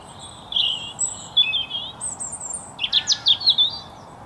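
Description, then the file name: European robin song with drawn-out thin whistles, then a burst of quick, high, downward-sliding notes. "Erithacus rubecula"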